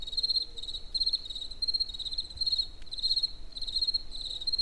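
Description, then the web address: Cricket giving quick trains of high, trilled chirps, with a soft low hum and a brief click. In nature near the Eger tourist house (Egerturistaház). "allathangok termeszetben tucsok egerturistahaz"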